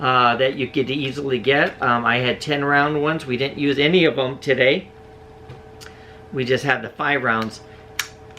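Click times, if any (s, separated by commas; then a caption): 8.0 s. Someone talks, then a five-round detachable magazine is pushed into the magazine well of a Savage 93R17 rifle. It latches with a sharp click at 8.0 s, seating the magazine in place.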